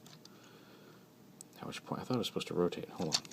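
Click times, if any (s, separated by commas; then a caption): 1.4 s. The plastic back spine piece of a Fall of Cybertron Voyager Soundwave transforming robot figure is slid down the groove in the figure's back and pushed all the way in until it snaps into place. After a quiet stretch, a short, sharp click is heard at 1.4 s as the piece seats. Right after, someone talks.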